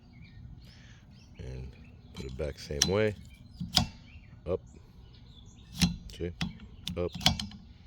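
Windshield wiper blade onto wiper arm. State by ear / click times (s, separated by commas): not seated / none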